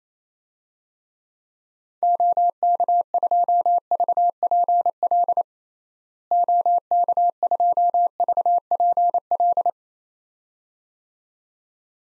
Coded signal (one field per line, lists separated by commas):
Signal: Morse code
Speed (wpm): 28 wpm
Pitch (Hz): 700 Hz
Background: none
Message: OK2VPL OK2VPL